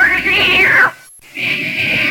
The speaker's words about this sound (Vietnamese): Con mèo khốn kiếp.